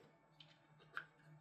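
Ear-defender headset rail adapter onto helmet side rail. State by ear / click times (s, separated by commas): not seated / none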